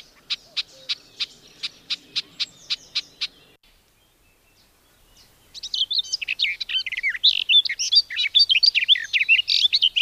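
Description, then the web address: Garden warbler song: a run of sharp, evenly spaced ticks for three seconds, a pause, then a fast, rich, continuous warble of varied notes. "agykontroll Madardalok Cd 2. Kerti poszáta"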